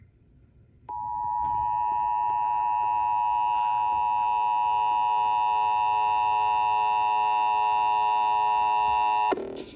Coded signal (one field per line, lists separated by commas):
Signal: Emergency Alert System (SAME) tones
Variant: 853 and 960 Hz attention tone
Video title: EAS 385 - FFW from WTOP